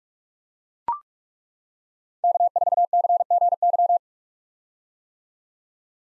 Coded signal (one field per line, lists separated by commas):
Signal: Morse code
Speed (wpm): 41 wpm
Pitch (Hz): 700 Hz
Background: none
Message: K4CGY